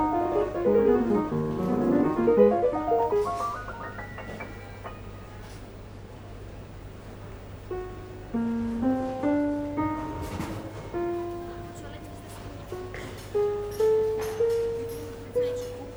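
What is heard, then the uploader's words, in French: Inside an airport terminal, a low steady hum underlies a bright descending chime, then scattered voices and clattering footsteps with occasional rising tones. Terminal de l'aéroport de Charleroi, en attendant l'avion pour Athènes.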